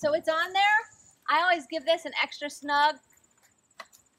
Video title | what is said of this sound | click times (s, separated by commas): 2-Kuat Sherpa 2.0 Review - The Drama Continues - Best Hitch Rack | heard it click make sure it's although as far down collect as you can | 3.8 s